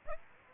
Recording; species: mosquito wingbeat signal from an infrared sensor; Aedes aegypti